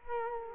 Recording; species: mosquito wingbeat signal from an infrared sensor; Culex quinquefasciatus